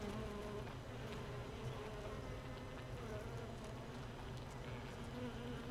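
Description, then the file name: Honey bee hive sound, an even, dense buzzing hum with faint higher tones drifting through. Hive 1 without a queen, recorded 31 May 2018 at 15:30. "Hive 1 31 05 2018 NO Queen Bee H 1"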